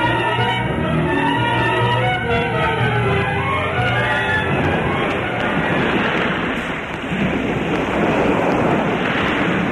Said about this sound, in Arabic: العاصفة قد قلبت البحر لججا عالية، لا أستطيع أن أتبين بين السماء والماء شراعا. نرى الريح قد عصفت بالأرض عصفا شديدا مدويا، وزلزلت معاقلنا زلزلة لم نعهدها من قبل.